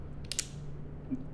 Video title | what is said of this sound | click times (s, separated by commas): Timber Ninja Blackbelt Ultimate-Lightest two panel saddle on the market!! | how does this Buckle operate it's magnetic so you just put it together it locks in place | 0.3 s, 0.4 s